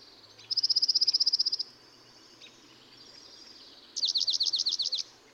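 Dark-eyed junco song: a flat, fast high trill of about a second, followed after a pause by a wavering trill.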